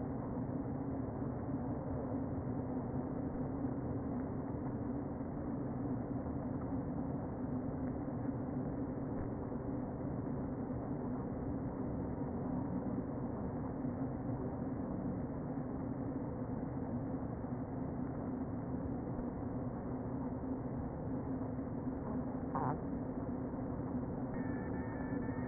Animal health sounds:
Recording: honeybee colony, microphone inside the hive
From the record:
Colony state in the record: queen present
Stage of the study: before two queens were removed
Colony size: about 60,000 bees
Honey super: yes

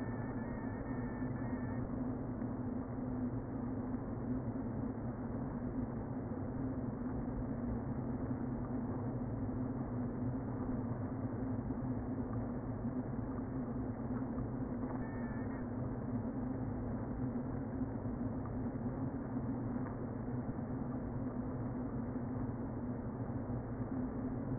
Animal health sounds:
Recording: honeybee colony, microphone inside the hive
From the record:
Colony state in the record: queen present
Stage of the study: before two queens were removed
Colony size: about 60,000 bees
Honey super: yes

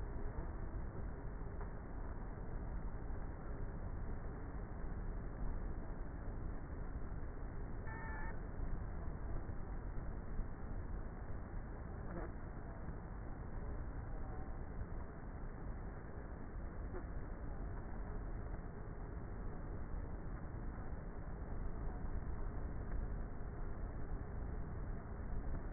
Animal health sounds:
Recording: honeybee colony, microphone inside the hive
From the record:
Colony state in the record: queenless with a low population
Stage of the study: before two queens were removed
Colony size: about 30,000 bees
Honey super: no

